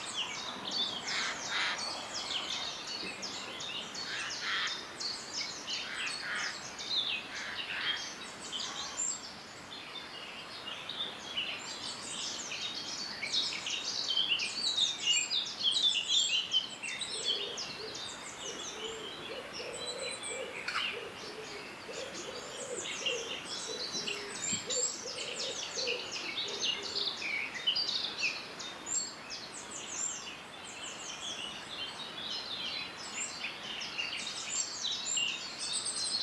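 Birdsong from Snowdonia, North Wales: many birds sing at once in a dense, continuous chorus of high chirps and quick trills that overlap throughout. A lower, steady hooting tone runs briefly around the middle, while a soft hiss fills the background.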